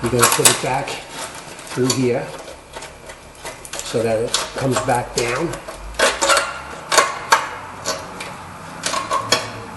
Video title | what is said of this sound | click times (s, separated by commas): How To Replace An O2 Sensor ( P0141) 1997-2003 Buick | a force to get it locks in place and then you just tuck your wiring in so | 9.3 s